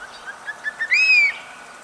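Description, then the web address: Black hawk-eagle call: a few soft short notes lead into one strong, clear whistle that climbs and then levels off before fading. "chant xeno-canto aigle tyran"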